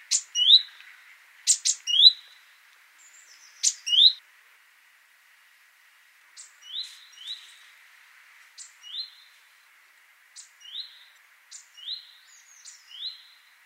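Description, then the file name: Great tit calls: sharp high clicks, each followed by a short rising chirp, given in bursts, then more spaced out and softer in the second half. "Parus major"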